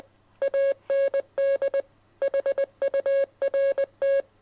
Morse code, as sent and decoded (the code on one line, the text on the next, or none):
.- -. -.. / .... ..- .-. -
AND HURT